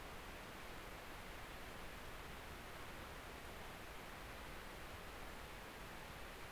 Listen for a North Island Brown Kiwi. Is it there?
no